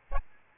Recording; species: mosquito wingbeat signal from an infrared sensor; Aedes albopictus